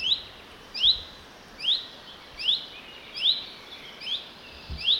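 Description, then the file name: Common chaffinch call: short, bright, upward-flicking notes repeated roughly every 0.8 seconds, about seven in all, over a faint steady background hiss. "Fringilla coelebs"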